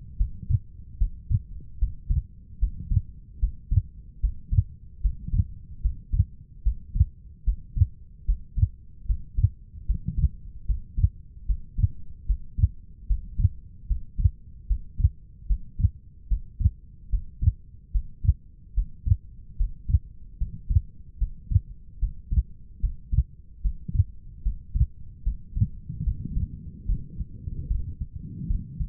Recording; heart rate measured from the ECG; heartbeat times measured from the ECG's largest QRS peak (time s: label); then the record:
heart sounds by stethoscope; 74 bpm
0.17 s: heartbeat
0.98 s: heartbeat
1.79 s: heartbeat
2.59 s: heartbeat
3.40 s: heartbeat
4.21 s: heartbeat
5.01 s: heartbeat
5.82 s: heartbeat
6.63 s: heartbeat
7.44 s: heartbeat
8.26 s: heartbeat
9.06 s: heartbeat
9.86 s: heartbeat
10.66 s: heartbeat
11.46 s: heartbeat
12.26 s: heartbeat
13.07 s: heartbeat
13.87 s: heartbeat
14.67 s: heartbeat
15.47 s: heartbeat
16.28 s: heartbeat
17.10 s: heartbeat
17.92 s: heartbeat
18.74 s: heartbeat
19.57 s: heartbeat
20.38 s: heartbeat
21.18 s: heartbeat
21.99 s: heartbeat
22.80 s: heartbeat
23.62 s: heartbeat
24.42 s: heartbeat
25.23 s: heartbeat
26.03 s: heartbeat
26.86 s: heartbeat
27.68 s: heartbeat
28.47 s: heartbeat
From the record:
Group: healthy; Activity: Valsalva maneuver 0-28 s, rest 28-29 s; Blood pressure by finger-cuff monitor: 124/77 mmHg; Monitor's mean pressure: 93 mmHg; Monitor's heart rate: 74 bpm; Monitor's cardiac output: 5.7 L/min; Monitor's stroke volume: 76 mL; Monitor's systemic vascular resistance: 1230 dyn s/cm5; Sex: female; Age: 37 years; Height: 168 cm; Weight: 70 kg